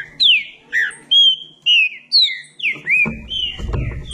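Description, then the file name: Green-winged saltator song: clear whistled notes, some falling and some level, at a steady pace, ending with low rumbling noise. "canto do trinca ferro"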